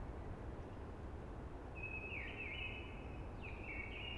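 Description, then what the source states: Eurasian blackbird singing two fluty warbled phrases in the second half, over a constant low rushing background. Singing early, amongst hushing conifers.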